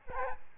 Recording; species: mosquito wingbeat signal from an infrared sensor; Aedes albopictus